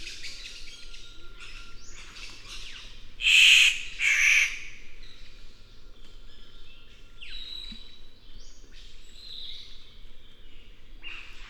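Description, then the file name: Victoria's riflebird giving two harsh, rasping calls in quick succession, with thin whistles and sliding notes before and after. "Ptiloris Victoriae"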